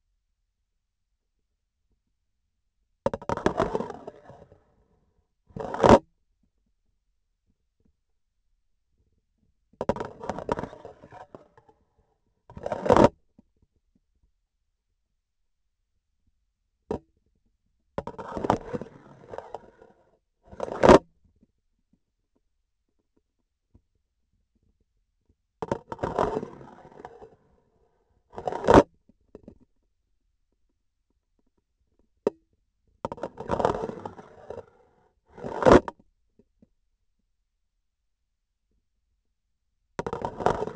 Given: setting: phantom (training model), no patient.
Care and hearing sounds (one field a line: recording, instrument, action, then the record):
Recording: laparoscopic instrument, vibration sensor on the handle end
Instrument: grasping forceps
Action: insertion and removal through the trocar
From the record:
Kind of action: spatial motion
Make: other than Olympus